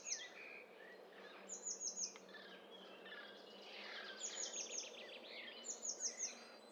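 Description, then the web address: Mixed birds in chorus, with repeated series of sharp high downslurred notes, a scratchy warbled phrase in the middle, and softer chirps. Several birds vocalising together in a stereo bird cocktail party mixture. "Hi Fi STEREO BIRD COCKTAIL PARTY Challenge"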